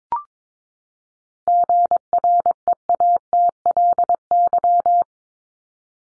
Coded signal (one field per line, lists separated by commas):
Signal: Morse code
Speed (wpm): 22 wpm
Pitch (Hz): 700 Hz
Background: none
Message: GREATLY